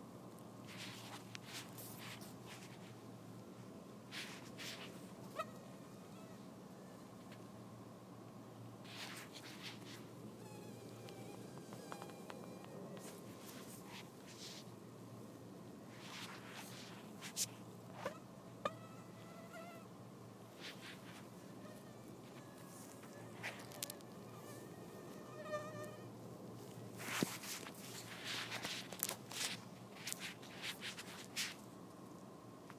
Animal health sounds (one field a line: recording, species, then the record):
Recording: mosquito flight sound by mobile phone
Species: Anopheles farauti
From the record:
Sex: female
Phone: iPhone 4S